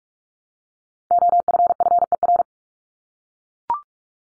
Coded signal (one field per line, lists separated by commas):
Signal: Morse code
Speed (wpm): 44 wpm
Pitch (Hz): 700 Hz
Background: none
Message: OFFER